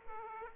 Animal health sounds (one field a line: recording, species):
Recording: mosquito wingbeat signal from an infrared sensor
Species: Aedes aegypti